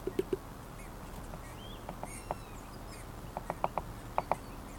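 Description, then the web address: Woodpecker taps in small clusters of two to four sharp knocks, with a few brief whistled bird notes between them and low background noise. "linnut Tikkojen koputus"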